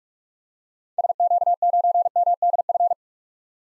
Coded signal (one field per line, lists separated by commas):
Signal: Morse code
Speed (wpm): 47 wpm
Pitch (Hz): 700 Hz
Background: none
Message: SQ9MDF